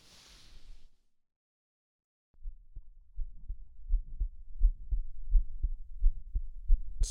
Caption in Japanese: 心臓の音。